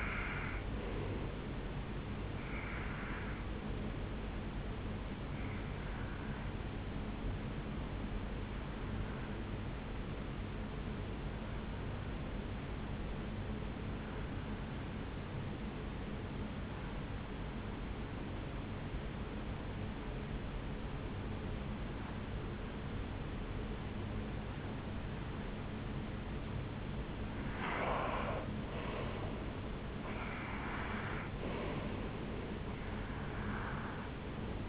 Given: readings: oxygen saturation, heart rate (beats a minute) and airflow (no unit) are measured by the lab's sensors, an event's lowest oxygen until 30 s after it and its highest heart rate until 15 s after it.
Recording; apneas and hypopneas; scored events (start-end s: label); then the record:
breathing in sleep by a voice recorder at the bedside; 1
8.00-28.50 s: hypopnea (N2, oxygen 95% highest, then 90% lowest, heart rate 64 at the start, 72 highest)
26.00-34.68 s: new sleep stage, N1 (lightest sleep)
From the record:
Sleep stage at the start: N2 (light sleep); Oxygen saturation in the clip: 90 to 95%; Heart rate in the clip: 63 to 73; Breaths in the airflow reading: 11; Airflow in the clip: -7.3 to 5.8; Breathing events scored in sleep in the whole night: 449 in 7.0 hours asleep